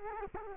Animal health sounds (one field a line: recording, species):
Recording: mosquito wingbeat signal from an infrared sensor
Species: Culex quinquefasciatus